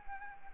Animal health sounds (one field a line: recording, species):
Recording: mosquito wingbeat signal from an infrared sensor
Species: Anopheles gambiae